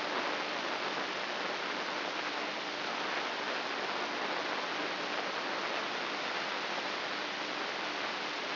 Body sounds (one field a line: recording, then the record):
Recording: brain microelectrode recording played as sound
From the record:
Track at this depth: outside the subthalamic nucleus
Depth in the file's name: 2.844 mm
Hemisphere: left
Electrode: 3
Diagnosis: Parkinson's disease